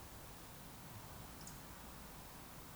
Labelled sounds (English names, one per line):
Eurasian Woodcock whistle